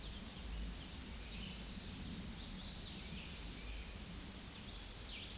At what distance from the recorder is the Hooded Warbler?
about 25 m